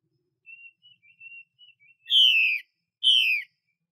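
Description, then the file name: Chinese hwamei song: soft, thin, level whistles twittering quietly, followed by two loud, falling, drawn-out whistled notes. Female bird. "Tieng chim hoa mi mai xuy"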